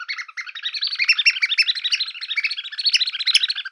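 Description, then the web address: Bird chirping, a dense, continuous jumble of quick high twittering notes without pause. "Xsample. VOGEL"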